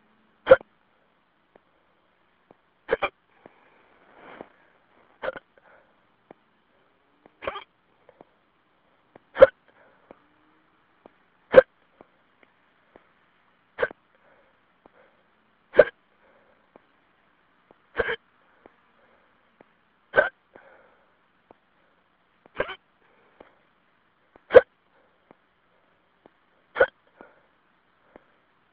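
Thirteen sharp, abrupt hiccup sounds recur at a steady interval of about two seconds, roughly 27 a minute, with near silence between them over a phone line. This is a regular run of hiccups in an adult: repeated involuntary spasms of the diaphragm, each cut off by sudden closure of the vocal cords.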